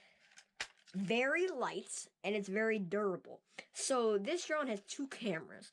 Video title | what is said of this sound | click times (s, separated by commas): Drone Review: ZLRC SG701S "YU" | snap into place just like this | 0.6 s